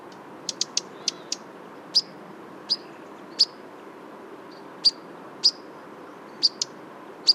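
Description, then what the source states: European Pied Flycatcher giving short, sharp high chips, a quick cluster at first then single notes every second or so, over a steady low background hum. Single bird in winter plumage perched on a black poplar, white wing bar seen, refound at the end of a dawn autumn walk in a nature reserve in Drôme, France.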